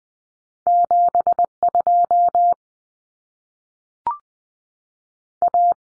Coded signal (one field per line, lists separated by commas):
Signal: Morse code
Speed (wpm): 20 wpm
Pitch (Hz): 700 Hz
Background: none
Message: 72 A